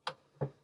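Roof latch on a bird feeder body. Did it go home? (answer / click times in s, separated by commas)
released / 0.1 s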